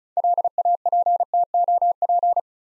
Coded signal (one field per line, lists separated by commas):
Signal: Morse code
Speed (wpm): 36 wpm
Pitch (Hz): 700 Hz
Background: none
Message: LAPTOP